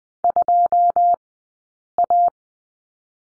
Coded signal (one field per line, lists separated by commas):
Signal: Morse code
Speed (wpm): 20 wpm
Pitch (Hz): 700 Hz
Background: none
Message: 2A